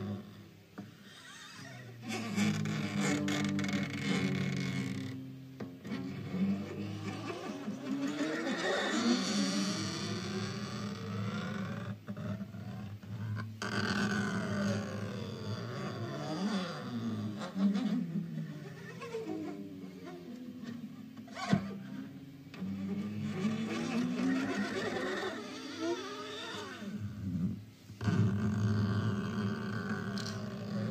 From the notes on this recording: fast tapping and stringing his guitar